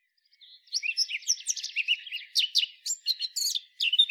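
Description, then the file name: Eurasian blackcap uttering a short, rapid warble of sharp chirps and scratchy twitters, packed closely together. "Sylvia atricapilla"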